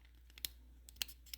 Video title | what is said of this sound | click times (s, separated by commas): Small Scale Group Build 2025 / Update# 2 | there we go now it's in there | 0.5 s, 1.0 s